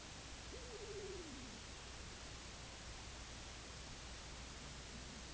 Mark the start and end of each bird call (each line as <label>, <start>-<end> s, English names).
King Eider, 0.38-1.56 s